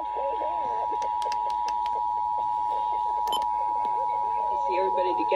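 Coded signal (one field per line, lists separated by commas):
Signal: Emergency Alert System (SAME) tones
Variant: 853 and 960 Hz attention tone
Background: speech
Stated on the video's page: Required monthly tests received from four FM radio stations.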